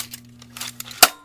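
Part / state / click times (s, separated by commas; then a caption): front cover of a folding camera latching closed onto the body / seated / 1.0 s. The front bed of a Polaroid Model 800 Land Camera is folded closed by pushing down its two side brackets, with light crinkling and tapping handling noises over a steady low hum. A loud, sharp snap at 1.0 s marks the front cover latching shut onto the camera body, seated in place.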